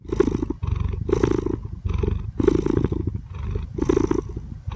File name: Cat Purring